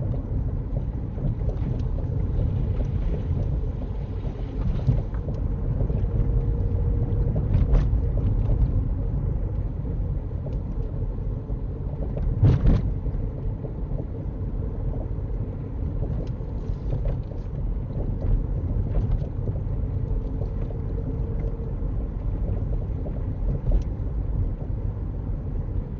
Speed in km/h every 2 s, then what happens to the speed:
37, 39, 39, 39, 39, 37, 37, 37, 37, 39, 39, 37, 35.
0-26 steady at about 37.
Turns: none.